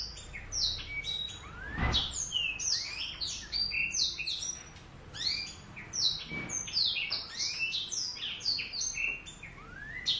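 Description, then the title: Oriental magpie-robin song of dense, varied whistled notes and rapid slurs, nearly unbroken throughout, with a couple of soft low thumps. "Kicau Kacer"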